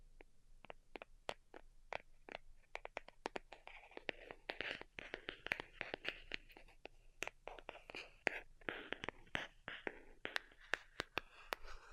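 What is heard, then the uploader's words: Delicate tapping: quick, light, crisp taps sounding in irregular bursts throughout, sometimes clustered into rapid runs. From about four seconds a soft breathy rustle or whisper-like texture rises behind them and continues underneath the taps, with a faint low hum throughout. ASMR DELICATE Tapping for Sleep (No Talking).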